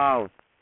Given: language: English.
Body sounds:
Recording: throat vibration sensor signal played as sound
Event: speech

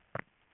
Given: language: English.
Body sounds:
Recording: throat vibration sensor signal played as sound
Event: swallow

